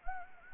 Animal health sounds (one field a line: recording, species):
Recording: mosquito wingbeat signal from an infrared sensor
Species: Anopheles gambiae